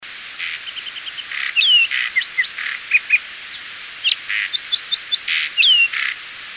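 Lark sparrow sings a varied sequence: a quick trill of even notes, loud buzzes, a descending clear slur, then more trills and buzzy bursts.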